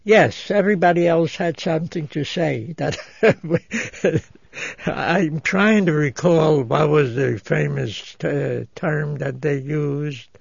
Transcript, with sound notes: Yes. Everybody else had something to say. ( he laughs ) I'm trying to recall what was the famous term that they used,